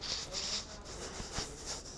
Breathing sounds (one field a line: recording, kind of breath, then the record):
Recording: one breath in and out by a microphone near the nose and mouth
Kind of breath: strong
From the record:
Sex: male